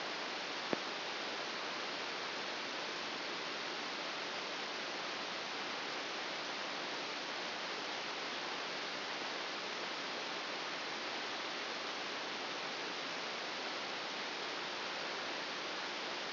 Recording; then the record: brain microelectrode recording played as sound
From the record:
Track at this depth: inside the subthalamic nucleus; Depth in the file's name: 1.605 mm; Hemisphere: right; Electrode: 2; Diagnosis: Parkinson's disease